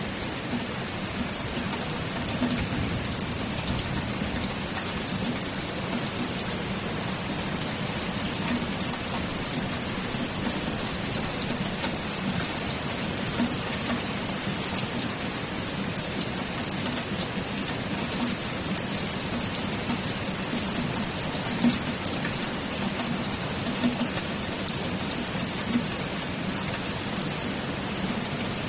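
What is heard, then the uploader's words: Rain falls steadily and densely, a constant hiss of countless drops with no pauses or swells across the whole stretch. A fuller patter sits low underneath, like drops striking a surface, while brighter crackling ticks scatter through the top. Serene Rain Drops. The calming sound of rain drops.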